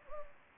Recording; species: mosquito wingbeat signal from an infrared sensor; Anopheles arabiensis